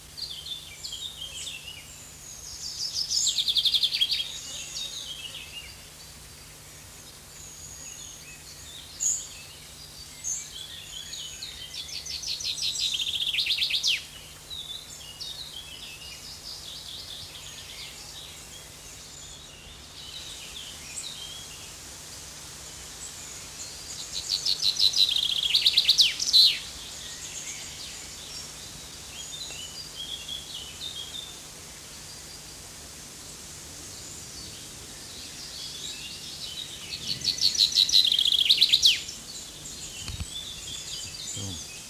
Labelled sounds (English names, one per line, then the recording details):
Common Chaffinch song
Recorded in the wild
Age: adult
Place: Botanische Anlage Blankenfelde, Berlin, DE
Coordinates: 52.603, 13.4
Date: 2003-06-29 13:45
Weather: fair, 26°C
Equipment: Fair Mate ST-1328 (Asahi Electronics, Japan), Sennheiser ME 80, Kopie Uher 4000 Report Monitor
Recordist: Tembrock, Günter